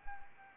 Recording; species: mosquito wingbeat signal from an infrared sensor; Anopheles arabiensis